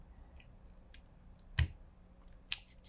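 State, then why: Seated. A quick-release spring bar on a Samsung Galaxy Watch band is slid down into the smartwatch lug with its silver button pushed. Faint ticks and a sharp, low-heavy knock at 1.6 s lead up to a crisp, bright snap at 2.5 s as the pin seats. The band ends up nice and secure.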